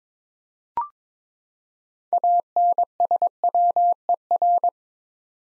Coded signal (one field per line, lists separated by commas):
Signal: Morse code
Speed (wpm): 22 wpm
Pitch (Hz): 700 Hz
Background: none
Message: ANSWER